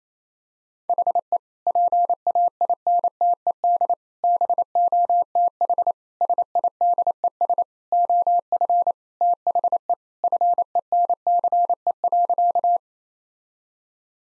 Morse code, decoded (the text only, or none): HE PAINTED BOTH SIDES OF THE FENCE.